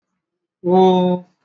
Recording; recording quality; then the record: sustained vowel as in boot; excellent, no background noise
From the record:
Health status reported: exposed to COVID-19, no respiratory illness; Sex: male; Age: 20 years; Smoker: no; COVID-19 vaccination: both doses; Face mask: worn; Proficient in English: yes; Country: India